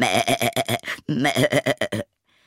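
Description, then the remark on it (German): A voice imitates a goat's bleating in two quick bursts of wavering, pulsing 'meh-eh-eh' syllables, fairly loud and nasal, followed by a moment of near silence. “Die Ziege antwortete, »Wovon soll ich satt sein? Ich sprang nur über Gräbelein und fand kein einzig Blättelein.”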